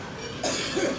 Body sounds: coughing mixed with background sound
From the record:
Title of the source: Residual Phlegmy Morning Coughing and Gagging

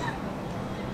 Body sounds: coughing mixed with background sound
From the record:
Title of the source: female coughing - coughing sound effects girl

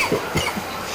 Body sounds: coughing mixed with background sound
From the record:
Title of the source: Dry Afternoon Cough

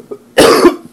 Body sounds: coughing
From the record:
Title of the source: Coughing 77

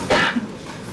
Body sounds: coughing mixed with background sound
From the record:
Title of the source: Barking cough - # 10

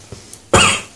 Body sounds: coughing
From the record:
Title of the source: Mid-morning Winter Coughing Fit

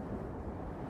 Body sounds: background sound without coughing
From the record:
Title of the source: Train Ride Ambience ambient white noise for sleeping, focus, studying, reading

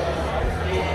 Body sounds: background sound without coughing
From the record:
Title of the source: CITY SOUNDS Busy Bar in the Evening Night - 2 HOURS of Ambiance for Relaxation

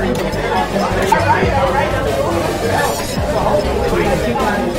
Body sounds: background sound without coughing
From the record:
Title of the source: Nightlife Party Simulating Party Club Noise 1 Hour

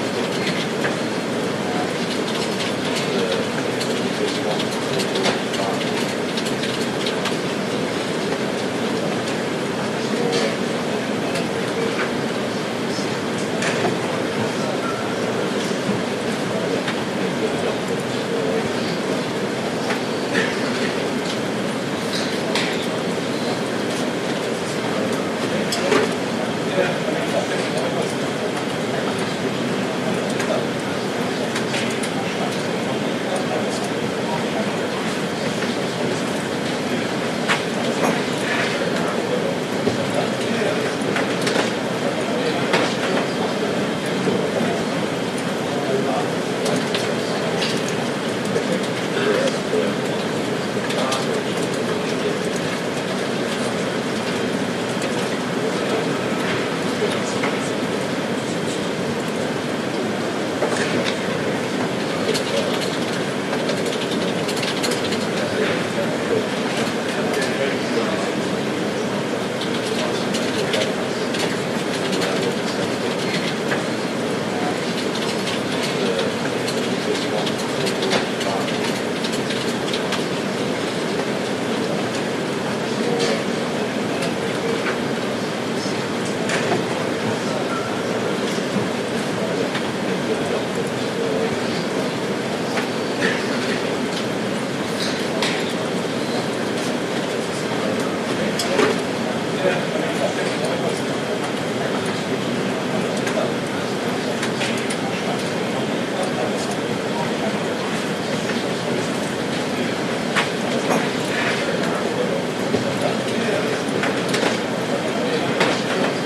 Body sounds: background sound without coughing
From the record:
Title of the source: Office Sounds Ambience - Background Noise for Study and Work

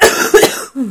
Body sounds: coughing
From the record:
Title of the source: 30 Chesty and wet cough

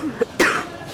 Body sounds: coughing mixed with background sound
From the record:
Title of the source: 31 night wet cough

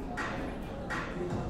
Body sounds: background sound without coughing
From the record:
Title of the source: 60 minutes of coffee shop sounds for study and concentration

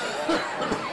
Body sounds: coughing mixed with background sound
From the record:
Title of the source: Spring Allergy Coughing

